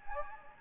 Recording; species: mosquito wingbeat signal from an infrared sensor; Anopheles gambiae